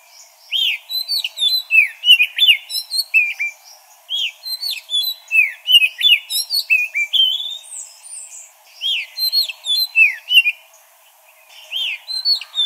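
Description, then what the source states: Magpie-robin in lively song, long bursts of varied whistles, chirps and slurred notes, broken by two short pauses before the singing resumes. Local name kacer; bird described as gacor, vigorously and continuously singing.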